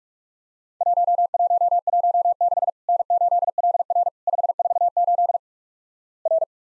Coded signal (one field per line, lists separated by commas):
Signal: Morse code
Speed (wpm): 46 wpm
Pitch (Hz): 700 Hz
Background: none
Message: 1116 N8LR 548 R